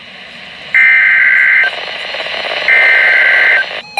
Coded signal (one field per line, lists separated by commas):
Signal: Emergency Alert System (SAME) tones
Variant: header bursts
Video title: (Double header) EAS SVR and SMW on NOAA Radios (7/5/2023) EAS #249-250